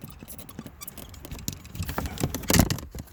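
A plastic rain guard (window deflector) is handled and pressed toward the door window channel of a 2015 WRX, making soft irregular taps and plastic rattles, with a sharp tick at 1.5 s and louder scraping bursts around 2.5–2.7 s. Nothing has seated or clicked into the channel yet.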